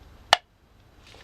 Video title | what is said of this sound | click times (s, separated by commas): Mora Companion : Knife Review - Best Budget Knife? | and that means it's locked in and it's not going to Rattle about you see I can do that | 0.3 s